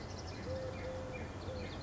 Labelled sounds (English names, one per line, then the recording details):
Eurasian Collared Dove
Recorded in Sonoma County, California